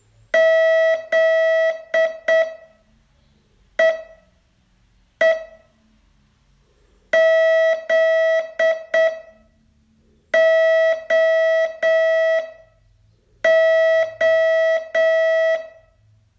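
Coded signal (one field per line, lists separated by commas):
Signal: Morse code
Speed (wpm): 7 wpm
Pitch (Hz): 650 Hz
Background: none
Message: ZEE ZOO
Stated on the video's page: Day 24 test of a 42-day Morse training course.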